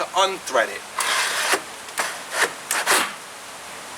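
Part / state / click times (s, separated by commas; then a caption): lock ring on pool cartridge filter housing / seated / 2.7 s. Someone talks while a plastic lock ring is tightened by hand on a pool cartridge filter housing, making rubbing, scraping turns. A sharp click at 2.7 s marks the ring locking into the spring tabs, and the lock is confirmed.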